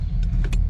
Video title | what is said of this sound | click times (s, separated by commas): 98-04 Mustang Throttle Cable Replacement (Accelerator Cable) | pull it up into the little plastic nut and then just clip it into place you guys heard that click | 0.5 s